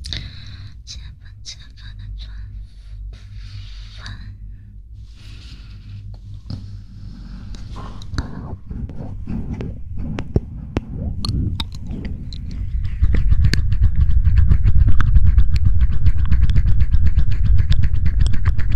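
Close mouth sounds: wet clicks, smacks and chewing-like noises scattered throughout, with a low rumbling hum underneath. The first half is quieter and sparser; around thirteen seconds it grows louder and denser, with frequent sharp clicks over a thicker low rumble.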